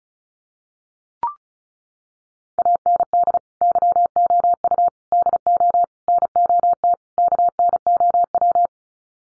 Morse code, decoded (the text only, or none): AND YOU DO NOT KNOW